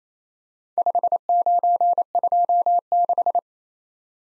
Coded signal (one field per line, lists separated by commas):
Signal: Morse code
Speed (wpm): 27 wpm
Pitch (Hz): 700 Hz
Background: none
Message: 5926